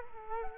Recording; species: mosquito wingbeat signal from an infrared sensor; Culex quinquefasciatus